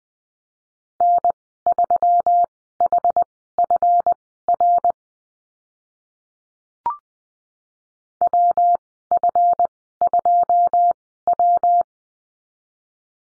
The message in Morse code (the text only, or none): N3HFR WF2W